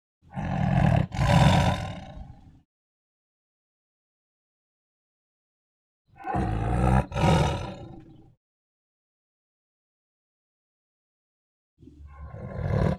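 Tiger growls in deep, rasping bursts of about two seconds, separated by long silences, a third beginning at the end.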